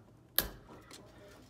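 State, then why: Torque reached. A torque screwdriver tightens a mounting or terminal screw on a Legrand Pass & Seymour USB-C wall outlet until its clutch gives one sharp click at 0.4 s. The click means the screw is torqued to its setting and within spec. A much fainter tick follows near 0.9 s over low background noise.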